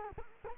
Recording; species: mosquito wingbeat signal from an infrared sensor; Culex quinquefasciatus